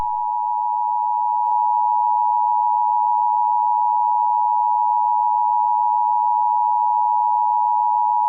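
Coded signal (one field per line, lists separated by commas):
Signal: Emergency Alert System (SAME) tones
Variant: 853 and 960 Hz attention tone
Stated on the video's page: Fictional EAS scenario, not a real alert.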